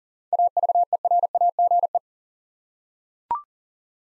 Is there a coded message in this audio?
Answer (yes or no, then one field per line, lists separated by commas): yes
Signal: Morse code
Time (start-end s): 0.3-2.0 s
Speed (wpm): 40 wpm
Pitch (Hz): 700 Hz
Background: none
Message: AVERAGE